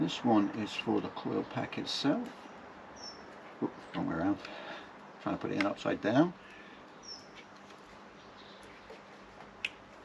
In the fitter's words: There we go. You'll hear them click in.